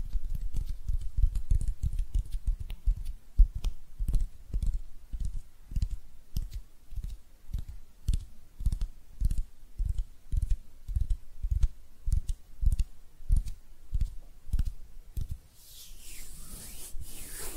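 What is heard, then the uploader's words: Hand sounds: a steady run of soft, low pats or taps, about two per second, each with a faint click on top. Near the end the tapping stops and a brief, brighter rustle or brushing sound follows. ASMR Relaxing Hand Sounds (No Talking).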